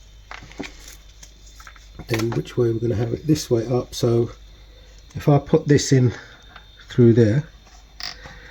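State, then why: Seated. Someone talks while the push-in head of a zip tie is pushed through its mounting hole on the radiator fan shroud of a Vauxhall (Opel) Astra J. It clicks home at 8.0 s, and the clip is seated.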